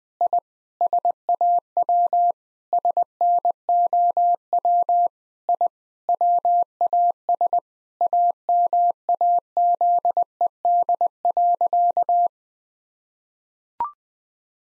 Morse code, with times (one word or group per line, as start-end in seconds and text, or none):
0.2-0.4 I
0.8-2.3 SAW
2.7-5.1 SNOW
5.5-5.7 I
6.1-7.6 WAS
8.0-12.3 AMAZED.